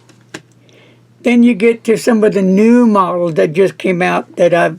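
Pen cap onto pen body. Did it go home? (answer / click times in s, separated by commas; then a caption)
yes / 0.4 s. The cap of a lightweight Yookers Gaia felt-tip pen is pushed back onto the pen body, giving one sharp, small click at 0.4 s against a quiet background. From about 1.2 s onward, someone talks. The cap is seated on the pen.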